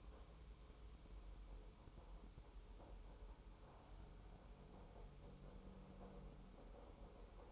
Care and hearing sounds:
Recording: daily activity, microphone in the room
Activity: make coffee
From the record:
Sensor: 1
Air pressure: 995.1 hPa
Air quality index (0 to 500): 35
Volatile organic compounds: 1 ppm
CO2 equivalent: 627 ppm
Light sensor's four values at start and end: 14/48/17/18 and 14/48/17/18

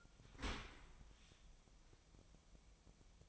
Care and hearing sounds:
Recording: daily activity, microphone in the room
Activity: open dishwasher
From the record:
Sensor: 1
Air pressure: 1004.8 hPa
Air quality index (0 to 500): 103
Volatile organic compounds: 3 ppm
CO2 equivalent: 1417 ppm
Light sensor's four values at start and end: 9/22/8/9 and 9/22/8/9

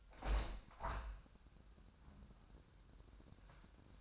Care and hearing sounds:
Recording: daily activity, microphone in the room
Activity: open window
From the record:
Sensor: 2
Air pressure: 1006.3 hPa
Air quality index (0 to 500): 189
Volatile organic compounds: 11 ppm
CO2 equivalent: 2309 ppm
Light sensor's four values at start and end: 8/20/8/8 and 9/21/9/9

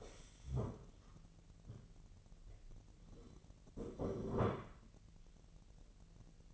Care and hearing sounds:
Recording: daily activity, microphone in the room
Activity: stand up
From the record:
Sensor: 4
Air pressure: 1002.8 hPa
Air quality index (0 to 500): 250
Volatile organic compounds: 31 ppm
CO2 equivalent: 2986 ppm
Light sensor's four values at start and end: 10/22/9/9 and 10/22/9/9

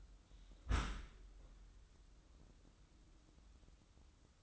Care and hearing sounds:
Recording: daily activity, microphone in the room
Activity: close dishwasher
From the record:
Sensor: 3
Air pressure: 994.4 hPa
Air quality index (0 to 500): 209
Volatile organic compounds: 1000 ppm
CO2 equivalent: 6999 ppm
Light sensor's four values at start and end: 180/433/182/179 and 176/423/177/175

